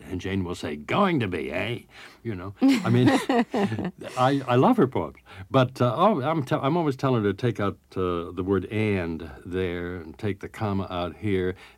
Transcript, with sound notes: and Jane will say, "Going to be, eh?" You know, I mean...
(laughs)
... I love her poetry. But oh, I'm tell -- I'm always telling her to take out the word "and" there, and take the comma out here,